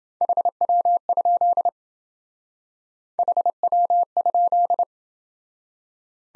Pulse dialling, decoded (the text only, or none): none